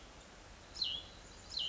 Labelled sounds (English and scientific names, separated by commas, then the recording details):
Hutton's Vireo (Vireo huttoni)
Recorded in Sonoma County, California